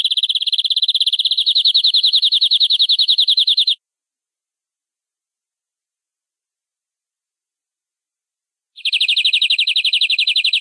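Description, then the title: Canary song: a long, dense, rolling trill for nearly four seconds, a five-second pause, then the same rapid trill resumes. Long-duration, used for training. "Masteran kenari durasi panjang"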